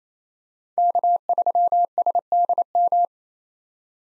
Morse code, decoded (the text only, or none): K3SDM